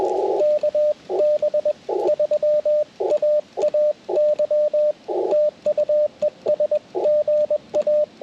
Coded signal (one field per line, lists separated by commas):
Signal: Morse code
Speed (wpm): 20 wpm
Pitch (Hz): 600 Hz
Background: radio noise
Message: KB3AAY TU ES GA